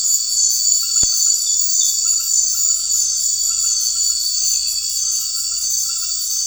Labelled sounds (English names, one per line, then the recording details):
none
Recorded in secondary vegetation near Puerto Asís, Putumayo, Colombia, on 4 March 2025 at 19:30
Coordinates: 0.499, -76.323
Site G094